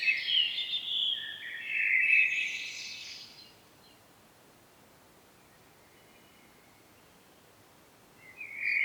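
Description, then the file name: Common blackbird: an opening warbled phrase with high scratchy twitters, then a long silence before a brief fresh note at the end. "Turdus merula"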